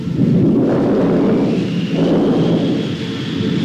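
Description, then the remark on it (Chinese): A deep, sustained rumble of thunder from an approaching rainstorm rolls on for several seconds, loud and low-pitched, swelling and easing slightly without any voices. “暴风雨要来了。”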